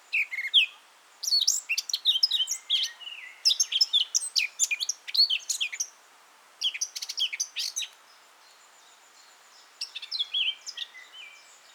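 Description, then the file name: Eurasian blackcap delivering bursts of quick, scratchy warbling mixed with clear whistles, several phrases with pauses between them, the last phrase softer. "Sylvia atricapilla"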